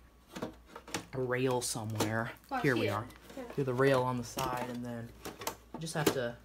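A hard drive on its bracket is handled along the side rail inside a Macintosh IIcx case while someone talks, with a few faint knocks early on. The drive has not seated or clicked into the rail yet.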